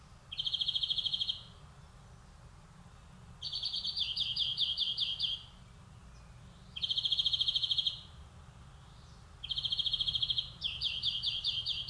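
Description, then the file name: European greenfinch repeating flat high trills roughly every three seconds, some followed by a rattling stuttered trill. "Chloris chloris"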